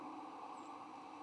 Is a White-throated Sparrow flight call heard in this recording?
no